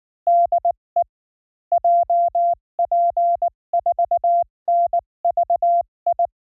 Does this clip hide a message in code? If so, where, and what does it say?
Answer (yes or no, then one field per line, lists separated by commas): yes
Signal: Morse code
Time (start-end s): 0.3-6.3 s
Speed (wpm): 20 wpm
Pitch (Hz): 690 Hz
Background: none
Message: DE JP4NVI